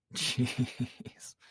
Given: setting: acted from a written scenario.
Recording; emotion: vocal sound without words; awe